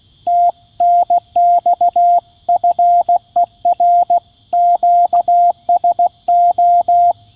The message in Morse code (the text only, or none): TNX FER QSO